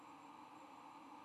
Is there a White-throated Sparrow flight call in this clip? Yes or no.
no